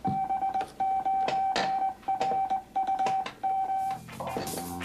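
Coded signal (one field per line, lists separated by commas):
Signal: none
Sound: TV show music beeps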